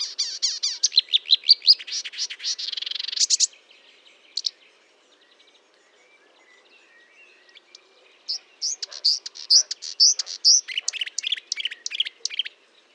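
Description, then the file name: Marsh warbler singing a fast, scratchy, high-pitched jumble with buzzy trills, breaking off for several seconds before resuming with quick, varied repeated notes. Fontaine-Française, France, 1 June 2022, 10:55; recorded with a Nagra recorder and Telinga parabolic microphone. "Rousserolle verderolle 20220601 1055 Fontaine-Francaise-Fourneau"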